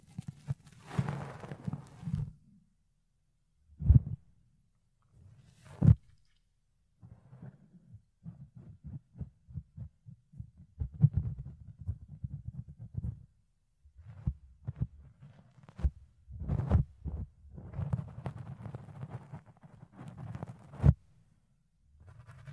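Fluffy ear cleaning and picking: soft, muffled low thumps and rubbing come in uneven bursts with short silent gaps. Several sharper scratches or taps stand out, near 4, 6, 16–17 and 21 seconds, over mostly dull, low rustling.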